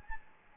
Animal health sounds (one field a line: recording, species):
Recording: mosquito wingbeat signal from an infrared sensor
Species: Anopheles gambiae